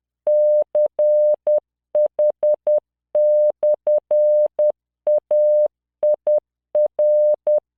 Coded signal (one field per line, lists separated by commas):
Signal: Morse code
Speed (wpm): 10 wpm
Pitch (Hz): 600 Hz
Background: none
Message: CH/AIR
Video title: tamanのモールス練習動画45（モールス信号 速度10WPM morse code)